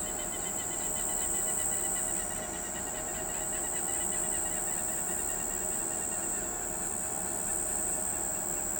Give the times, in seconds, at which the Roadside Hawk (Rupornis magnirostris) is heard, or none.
none